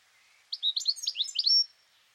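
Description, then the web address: Bird giving one quick burst of high, sliding chirped notes that lasts about a second. "Deverinetal 2025 File origin Bird Only"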